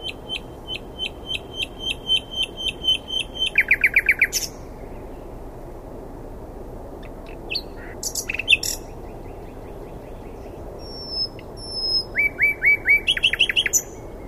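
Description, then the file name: Common nightingale song: a series of repeated whistled notes, then a rapid buzzy rattle, sharp clicks, and later another run of repeated phrases with high whistles. "Luscinia megarhynchos"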